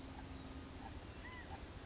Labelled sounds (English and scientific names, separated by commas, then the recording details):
California Quail (Callipepla californica)
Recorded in Sonoma County, California